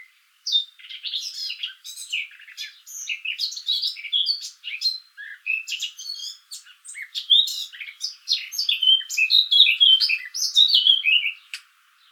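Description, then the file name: Eurasian blackcap song: a rapid, varied chattering warble of mixed high notes, running almost unbroken with only brief pauses. "Sylvia atricapilla"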